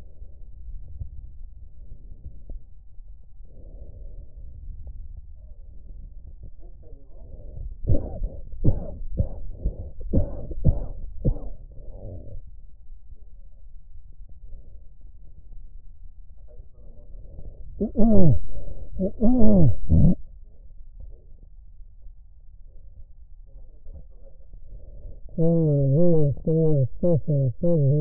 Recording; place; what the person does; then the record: lung sounds by stethoscope; left anterior apical chest; quiet breathing, then cough and speech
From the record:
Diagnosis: COPD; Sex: male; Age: 75 years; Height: 182 cm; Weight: 98 kg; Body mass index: 29.6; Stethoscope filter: extended mode